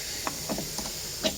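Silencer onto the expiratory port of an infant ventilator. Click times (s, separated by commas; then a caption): 0.3 s. A silencer is pushed onto the expiratory outlet of an SLE2000 infant ventilator, giving a single short click at 0.3 s that locks it in place. Fainter taps follow at about 0.5, 0.8 and 1.3 s over a steady background hiss.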